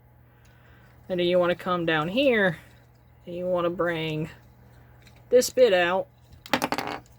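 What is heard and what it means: While a section is pulled out during transformation of a plastic Transformers Age of the Primes Voyager Class Amalgamous Prime action figure, its head pops off the torso at 6.5 s. Someone talks over the handling, then the loose head clatters in a burst of loud, sharp rattling hits.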